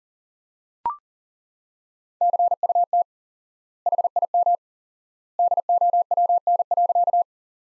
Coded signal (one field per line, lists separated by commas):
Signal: Morse code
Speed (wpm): 40 wpm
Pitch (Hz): 700 Hz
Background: none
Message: CUT HIM DOWN.